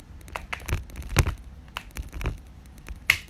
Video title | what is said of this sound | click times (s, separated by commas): Step By Step Penggunaan Lumispa dan Galvanicspa. | Sampai bunyi klik kemudian | 3.1 s